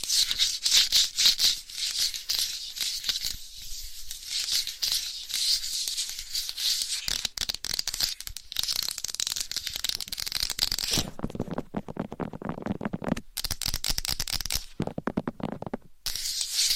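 Fast, aggressive scratching on a microphone with fingernails, a dense rasping texture full of rapid strokes. The first half is bright and hissy; after about eleven seconds the sound turns lower and thicker, with abrupt cutoffs and short gaps near 13 and 16 seconds.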